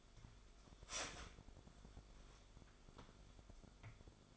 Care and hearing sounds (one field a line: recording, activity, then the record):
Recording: daily activity, microphone in the room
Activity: start toaster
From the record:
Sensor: 5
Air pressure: 1014.8 hPa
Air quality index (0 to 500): 207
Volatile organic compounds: 10 ppm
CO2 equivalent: 2204 ppm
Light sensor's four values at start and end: 14/32/13/11 and 14/32/13/11